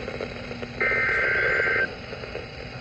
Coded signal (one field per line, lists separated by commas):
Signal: Emergency Alert System (SAME) tones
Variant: header bursts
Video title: ALERT CHAOS 1... || EAS Alerts from May (EAS 171 - 191)